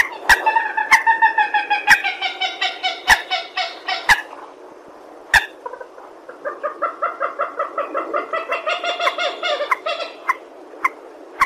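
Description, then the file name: Purple swamphen giving runs of nasal, harmonic cackling notes, pausing midway before a second long series, with sharp clicks scattered throughout. "tieng trich re keu"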